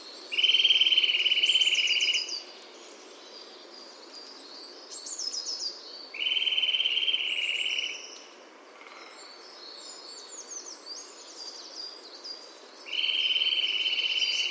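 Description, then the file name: Eurasian nuthatch repeating a rapid, even trill of whistled notes three times, with high chirping and twittering in between. "Sitta europaea"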